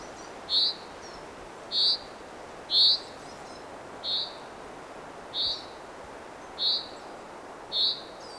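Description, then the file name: Common chaffinch calls: short buzzy notes repeated about once a second, seven in all, over a steady background hiss. "Fringilla coelebs"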